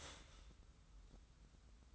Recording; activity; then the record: daily activity, microphone in the room; start toaster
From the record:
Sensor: 3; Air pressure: 990.6 hPa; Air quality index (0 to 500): 157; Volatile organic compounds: 716 ppm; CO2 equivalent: 5057 ppm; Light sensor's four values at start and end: 39/93/38/35 and 39/93/38/35